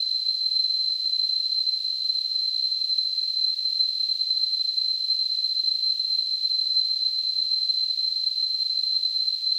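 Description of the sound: Simulated tinnitus: a steady, unbroken high-pitched tone near 4 kHz, surrounded by a faint hiss spanning roughly 2–8 kHz. There is no low-frequency content, and the level stays constant throughout.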